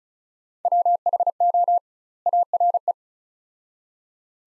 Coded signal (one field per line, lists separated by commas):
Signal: Morse code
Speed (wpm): 36 wpm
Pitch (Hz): 700 Hz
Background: none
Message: WHO ARE